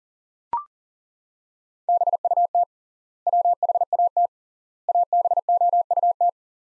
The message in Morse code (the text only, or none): BUT WHAT ABOUT